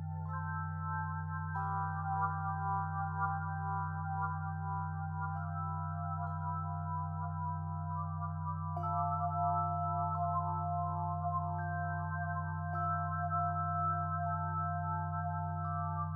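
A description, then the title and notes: Singing bowls ring out in long, overlapping tones that hang and blend, with soft new strikes entering around two, nine and thirteen seconds. A deep, steady hum sits low beneath the bright ringing, and the level stays even throughout. Singing Sound Bowls. The reverberating sounds of the healing sound bowls.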